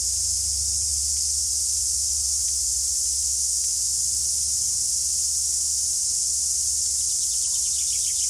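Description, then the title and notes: Cicadas in a dense, unbroken shrill chorus, a steady high hiss-like drone holding level throughout, with a faint low rumble beneath. Cicada chorus, the summer song of the forest; river-flat native broadleaf forest with ferns, tree-ferns, lianas and epiphytes, nature reserve on the Pelorus river, top of the South Island, New Zealand; spring. "The chorus of cicadas is the summer song of the forest. BBC Countryfile Magazine's Sound Escapes"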